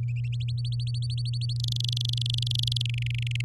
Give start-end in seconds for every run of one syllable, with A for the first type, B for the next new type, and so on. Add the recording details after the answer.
0.32-1.53 A, 1.56-2.86 B, 2.89-3.41 C. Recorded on 10 May 2018 at 14:24. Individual llb16